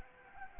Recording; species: mosquito wingbeat signal from an infrared sensor; Anopheles gambiae